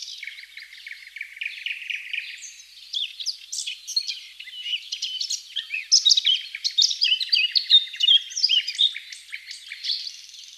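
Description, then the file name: Eurasian blackcap giving a long, hurried warble of mixed scratchy and clear notes, loudest in the second half, with no other clear sounds. "Sylvia atricapilla"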